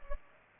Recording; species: mosquito wingbeat signal from an infrared sensor; Culex pipiens